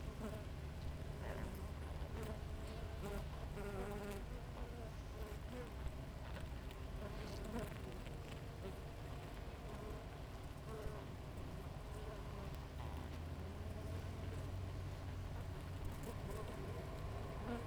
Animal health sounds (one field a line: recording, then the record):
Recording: honeybee colony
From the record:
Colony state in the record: active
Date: 28 July 2017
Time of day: 5:46